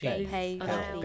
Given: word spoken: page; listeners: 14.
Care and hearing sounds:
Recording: one English word in noise, from a listening test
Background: four-talker babble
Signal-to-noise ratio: -1.9 dB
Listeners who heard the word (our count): 0 of 14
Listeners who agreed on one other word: 7 of 14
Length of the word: 0.66 s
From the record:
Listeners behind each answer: 7, 4, 2, 1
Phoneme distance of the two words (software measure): 7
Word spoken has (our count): 1 syllable, 3 phonemes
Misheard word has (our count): 1 syllable, 2 phonemes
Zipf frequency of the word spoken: 4.52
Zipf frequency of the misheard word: 5.40

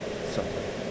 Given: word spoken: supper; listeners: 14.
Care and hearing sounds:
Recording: one English word in noise, from a listening test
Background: speech-shaped noise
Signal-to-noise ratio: -4.6 dB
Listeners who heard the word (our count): 0 of 14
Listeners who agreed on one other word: 6 of 14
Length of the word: 0.51 s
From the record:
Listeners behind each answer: 6, 2, 2, 2, 1, 1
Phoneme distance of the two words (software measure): 20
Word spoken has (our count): 2 syllables, 4 phonemes, stress on syllable 1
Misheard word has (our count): 2 syllables, 4 phonemes, stress on syllable 1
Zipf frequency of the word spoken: 4.01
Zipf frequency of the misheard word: 3.90

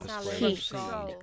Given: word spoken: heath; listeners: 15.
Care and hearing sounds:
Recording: one English word in noise, from a listening test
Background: four-talker babble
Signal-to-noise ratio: 0.8 dB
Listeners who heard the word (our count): 1 of 15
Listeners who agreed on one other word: 6 of 15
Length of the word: 0.83 s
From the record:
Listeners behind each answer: 6, 2, 1, 1, 1, 1, 1, 1, 1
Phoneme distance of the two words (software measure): 10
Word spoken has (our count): 1 syllable, 3 phonemes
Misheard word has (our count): 1 syllable, 3 phonemes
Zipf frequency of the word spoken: 3.96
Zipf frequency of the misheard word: 4.76

